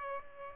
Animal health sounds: mosquito wingbeat signal from an infrared sensor; Aedes aegypti

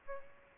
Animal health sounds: mosquito wingbeat signal from an infrared sensor; Aedes aegypti

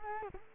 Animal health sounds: mosquito wingbeat signal from an infrared sensor; Culex quinquefasciatus

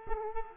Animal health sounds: mosquito wingbeat signal from an infrared sensor; Culex pipiens

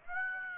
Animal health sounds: mosquito wingbeat signal from an infrared sensor; Aedes aegypti

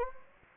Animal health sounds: mosquito wingbeat signal from an infrared sensor; Anopheles gambiae

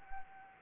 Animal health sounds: mosquito wingbeat signal from an infrared sensor; Anopheles gambiae

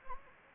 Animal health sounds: mosquito wingbeat signal from an infrared sensor; Anopheles gambiae

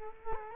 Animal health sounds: mosquito wingbeat signal from an infrared sensor; Culex quinquefasciatus

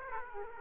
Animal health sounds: mosquito wingbeat signal from an infrared sensor; Aedes aegypti

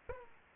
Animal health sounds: mosquito wingbeat signal from an infrared sensor; Aedes aegypti

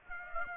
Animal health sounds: mosquito wingbeat signal from an infrared sensor; Aedes aegypti

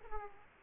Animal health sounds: mosquito wingbeat signal from an infrared sensor; Aedes aegypti

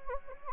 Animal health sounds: mosquito wingbeat signal from an infrared sensor; Anopheles gambiae

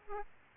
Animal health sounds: mosquito wingbeat signal from an infrared sensor; Aedes aegypti

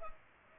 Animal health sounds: mosquito wingbeat signal from an infrared sensor; Culex pipiens

